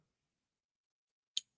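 A folding scissors arm with a bulldog nose is unfolded again from a metal multitool body after a first try that did not open properly. Near silence gives way to a single sharp, bright click at 1.4 s that fades quickly. The scissors lock open into place.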